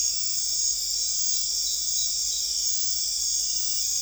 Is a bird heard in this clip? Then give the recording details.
no. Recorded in dense forest near Puerto Asís, Putumayo, Colombia, on 20 December 2024 at 21:30. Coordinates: 0.482, -76.320. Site G021